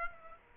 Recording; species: mosquito wingbeat signal from an infrared sensor; Aedes aegypti